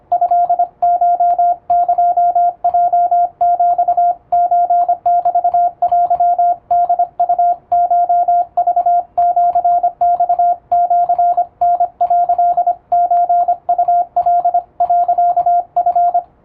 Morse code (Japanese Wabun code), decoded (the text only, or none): トコエヲヒソメテホウコクシマシタ」ソウカ、チ